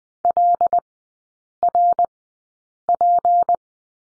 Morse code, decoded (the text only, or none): LRP